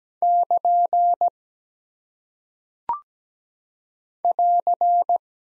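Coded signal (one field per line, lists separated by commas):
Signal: Morse code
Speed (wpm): 17 wpm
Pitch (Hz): 700 Hz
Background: none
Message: <KN> <AR>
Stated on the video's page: Morse practice drill at 17 wpm of single punctuation and prosign characters, each sent twice.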